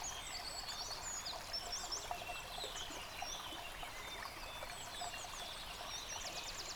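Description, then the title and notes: Several birds singing, sharp high chirps, whistles and a rattling trill near the end, above the continuous sound of flowing water. Bird chorus recorded by a stream at Dlouhý Důl, Krásná Lípa, Czechia, on a Zoom H6 recorder. "Dlouhý Důl 14, 407 47 Krásná Lípa, Czechia - Ptáci a potok. Ptačí sněm snímaný u potoka.. nahráno na ZOOM H6"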